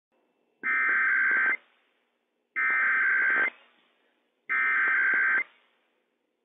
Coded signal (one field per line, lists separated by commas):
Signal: Emergency Alert System (SAME) tones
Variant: header bursts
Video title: WSEOC RWT - WWF56 - EAS #70 - 11:00 AM PDT 3/23/21